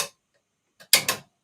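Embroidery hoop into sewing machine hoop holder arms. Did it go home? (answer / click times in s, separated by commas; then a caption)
yes / 0.9 s, 1.1 s. An embroidery hoop holding lightweight tearaway fabric is slid into the sewing machine's hoop holder fingers on both sides and pushed in. A faint sound comes just before two sharp snaps at 0.9 s and 1.1 s, and the hoop is seated in the holder, ready to go.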